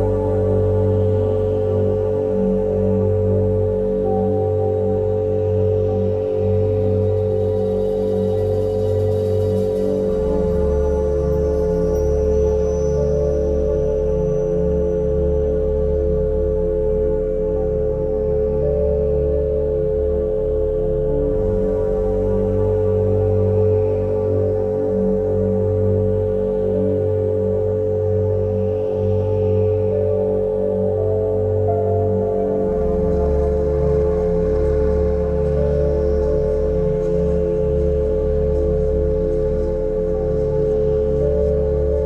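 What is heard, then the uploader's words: Steady sustained tones hum without a break, with two bright pure pitches held at an even level throughout. Beneath them, a deep low drone swells and shifts slowly, while soft ringing shimmer drifts in and out high above, like resonant bowl tones. Tree of Life Meditation 432 Hz 528 Hz. 432 Hz and 528 Hz Miracle Tone Frequency & the binaural beats.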